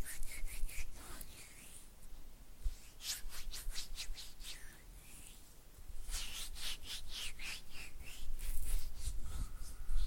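Oily hands rubbing and fingers fluttering make slick, wet rustles that come in quick bursts of bright, squishy strokes. The busiest stretches fall around three seconds and from six seconds to the end, with quieter, sparser rubbing between them and a low rumble underneath.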